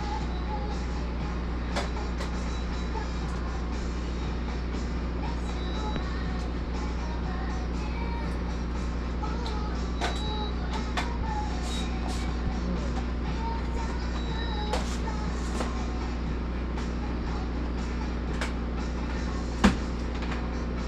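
Inside a mobile blood donation bus, a steady low engine-like hum runs underneath throughout. Faint radio chatter mixes with scattered clicks and knocks, and short high beeps appear now and then, with one sharper click just before the end.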